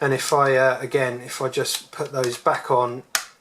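Someone talks while modified detachable plastic parts are being put back onto the housing of a Skyzone Sky03 FPV goggle, with faint handling noises and a brief sharp tick near the end. Nothing has seated or clicked into place yet.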